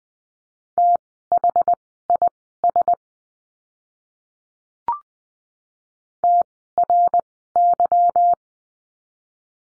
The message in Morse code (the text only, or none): THIS TRY